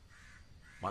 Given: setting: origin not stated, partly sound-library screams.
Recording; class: one-second piece from a danger detection set; normal situation